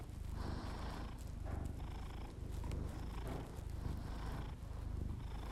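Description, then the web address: Domestic cat: deep continuous purring of a cat, with slow breathing swells roughly every second or two. Pet cat purring, recorded as ASMR together with the owner's heavy breathing. "Miss-Because Just Purrs [ASMR][Literally just my cat purring and my heavy breathing]"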